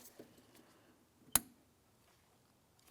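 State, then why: Seated. A plastic electrical connector is pushed onto the base of a new low beam headlight bulb on a 2007–2014 Ford Edge until its two locking tabs slide into place. The connector seats with a single sharp, loud click at 1.4 s, set against quiet background with a few faint handling sounds.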